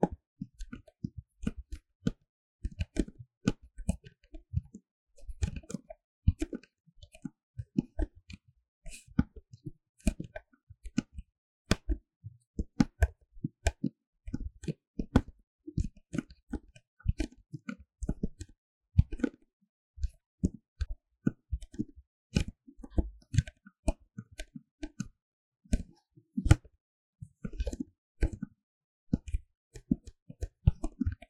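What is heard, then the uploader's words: Paper cup triggers: quick, crisp taps and crinkles on a paper cup, packed densely throughout with brief near-silent gaps between bursts. The clicks are sharp and bright with a soft low thump under many of them, and their loudness and spacing vary irregularly. 紙杯觸發 | Paper Cup triggers | NoTalking.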